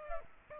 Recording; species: mosquito wingbeat signal from an infrared sensor; Culex pipiens